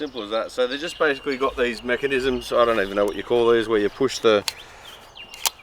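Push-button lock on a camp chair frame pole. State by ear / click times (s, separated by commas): seated / 5.5 s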